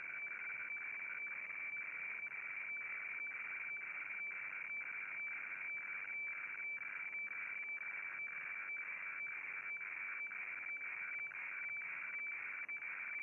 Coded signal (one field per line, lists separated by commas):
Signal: weather fax (radiofax)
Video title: Réception FAX HF du 07 07 2022